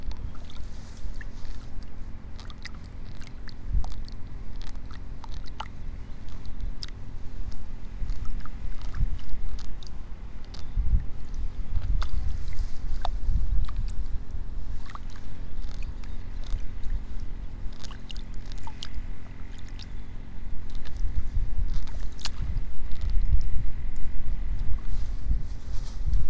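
Rice seedlings are pulled one by one from a flooded nursery bed. A steady low rumble and faint hum run throughout, with frequent small splashes and sharp ticks scattered across it. The sloshing grows louder from about ten seconds and again near the end.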